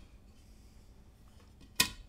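A mechanical key switch is pushed down into the metal plate of a 60% keyboard kit after two switches did not go in fully. Faint low background noise is followed by a single sharp, bright snap at 1.8 seconds that fades quickly. The switch clicks into the plate and is seated.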